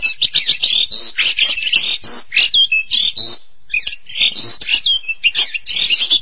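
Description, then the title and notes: Starling or myna singing a rapid jumble of rasping phrases and clear whistled notes, one brief pause midway. "suara burung jalak"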